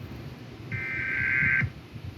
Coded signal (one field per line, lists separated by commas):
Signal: Emergency Alert System (SAME) tones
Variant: header bursts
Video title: JADE HELM EAS SCENARIO